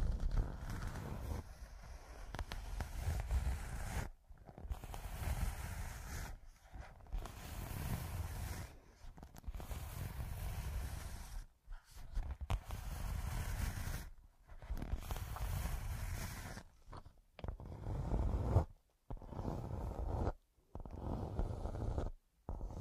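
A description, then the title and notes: Scratching fills the clip in long, rough passages heavy in the low end, with a gritty hiss above. Bursts run several seconds, broken by abrupt silent gaps near 4, 6.5, 9, 11.5 seconds and more often toward the end, where strokes grow shorter and choppier. Pure Scratching.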